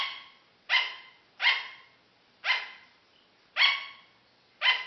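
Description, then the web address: Sugar glider barking: five short, yappy, harmonic barks, each ending quickly, spaced roughly one second apart, in a quiet background. "paul. sugar Glider"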